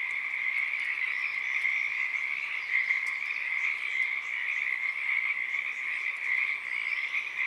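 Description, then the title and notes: Pacific tree frog: loud, unbroken chorus of Pacific tree frogs, a dense buzzing rattle of many overlapping croaks. Wild chorus starting and stopping, field recording, Oaks Bottom Wildlife Refuge, Portland, Oregon, USA, morning of Friday April 7 2023; calling uncommon at that time of day. "Oaks Bottom Frogs. Friday April 7th, 2023 at one of my favorite places in the universe: Oaks Bottom Wildlife Refuge, Portland, Oregon USA. This is the chorus of the Pacific Tree Frog starting and stopping. Field Sound"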